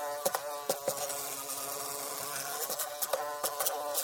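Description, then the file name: Fly buzzing as a continuous harmonic drone that swells and dips, with repeated sharp clicking knocks throughout. "Muha zhuzhzhit"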